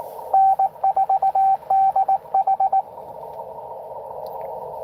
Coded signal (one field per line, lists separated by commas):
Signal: Morse code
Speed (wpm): 19 wpm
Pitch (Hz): 770 Hz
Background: radio noise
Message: N4DH